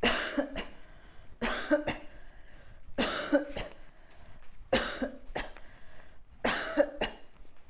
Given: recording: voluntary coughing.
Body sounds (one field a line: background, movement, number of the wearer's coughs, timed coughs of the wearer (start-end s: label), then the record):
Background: quiet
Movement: walking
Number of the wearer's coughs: 10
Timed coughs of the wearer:
0.01-0.48 s: cough
0.48-0.91 s: cough
1.34-1.83 s: cough
1.85-2.16 s: cough
2.96-3.47 s: cough
3.47-3.88 s: cough
4.70-5.16 s: cough
5.34-5.55 s: cough
6.42-6.88 s: cough
6.98-7.23 s: cough
From the record:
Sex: female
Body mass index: 22.6 kg/m2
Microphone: on the chest, facing outward